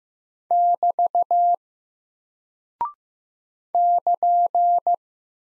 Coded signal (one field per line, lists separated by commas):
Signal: Morse code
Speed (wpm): 15 wpm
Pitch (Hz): 700 Hz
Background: none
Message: <BT> <KN>